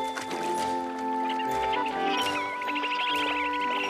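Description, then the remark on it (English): Dolphins chatter in a stream of high, squeaky whistles and rapid trilling clicks that grow busier partway through, over a steady bed of sustained tones, with no one talking. “What are the dolphins saying?”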